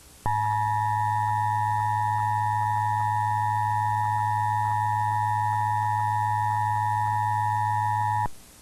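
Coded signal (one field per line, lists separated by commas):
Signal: Emergency Alert System (SAME) tones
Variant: 853 and 960 Hz attention tone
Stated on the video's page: Simulated mock severe thunderstorm warning, recreated in 1997 style.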